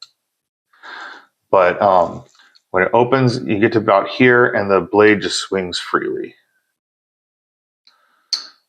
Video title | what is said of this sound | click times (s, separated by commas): The Cutting Room Knife Review - Kansept Hazard | There's like a little click. I don't know if you guys are going to be able to hear it, | 0.0 s